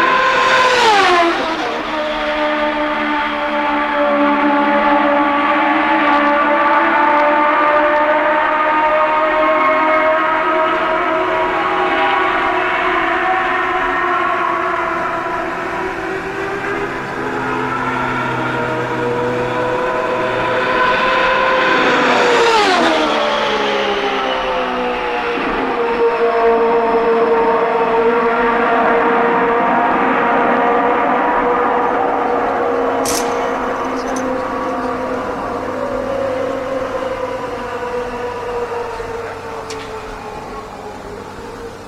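A turbocharged IndyCar V8 engine screams steadily for the whole clip, its pitch swooping up and down in long arcs as the car circles the oval. Near 1 and 22 seconds the note surges sharply past, and the roar eases slightly toward the end.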